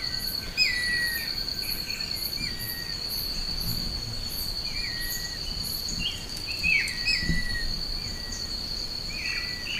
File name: canto do capitao castanho